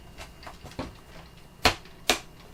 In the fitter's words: There we go. Now it's snapped in place